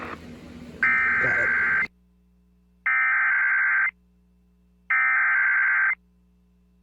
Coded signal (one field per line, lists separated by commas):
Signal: Emergency Alert System (SAME) tones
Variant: header bursts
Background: speech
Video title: INDEPENDENCE DAY STORMINESS🇺🇲🇺🇲... EAS Alerts from 7/4/22 (EAS 1,202 - 1,222)